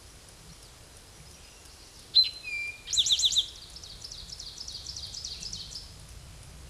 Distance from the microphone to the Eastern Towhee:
about 5 m